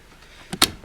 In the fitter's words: make sure it locks in place